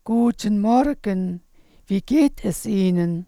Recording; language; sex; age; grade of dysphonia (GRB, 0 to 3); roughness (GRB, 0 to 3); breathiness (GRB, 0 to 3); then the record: spoken sentence; German; female; 50 to 59 years; 2; 2; 2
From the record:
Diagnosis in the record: recurrent laryngeal nerve paralysis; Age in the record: 56 years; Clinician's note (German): Kompensiert in Intermediärstellung, z.T. hyperfunkt. supraglott. Eineingung